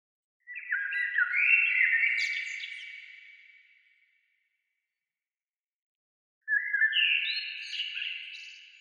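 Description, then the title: Bird song, two long phrases of rich, tonal notes that step up and down in pitch and trail off, separated by a silent pause of about two seconds. "Oiseaux"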